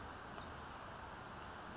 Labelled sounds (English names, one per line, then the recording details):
Western Flycatcher
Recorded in Sonoma County, California